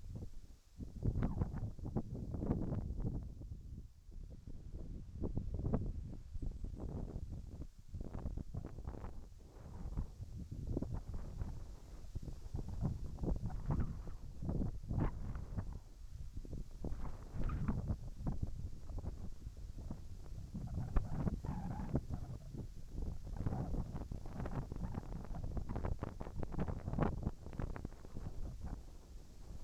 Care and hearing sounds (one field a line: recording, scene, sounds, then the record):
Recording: everyday scene through a hearing-aid microphone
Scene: wind on the microphone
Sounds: wind, whistling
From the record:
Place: in front of a rural house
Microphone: behind the ear, right, front